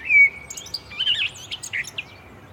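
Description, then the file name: Common blackbird: a drawn-out clear whistle followed by a rapid burst of high, squeaky, twittering notes. "Turdus merula"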